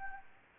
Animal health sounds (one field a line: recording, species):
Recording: mosquito wingbeat signal from an infrared sensor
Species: Anopheles arabiensis